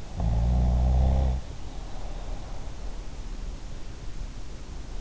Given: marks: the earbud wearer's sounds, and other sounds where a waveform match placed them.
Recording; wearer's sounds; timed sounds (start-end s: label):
sounds in sleep by an in-ear microphone; snoring breath
0.06-2.55 s: snoring breath